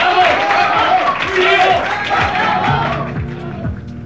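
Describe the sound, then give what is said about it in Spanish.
A crowd applauds loudly and steadily for about four seconds, dense clapping mixed with cheering voices and shouts, holding strong before easing slightly at the end. “¡Aplausos!”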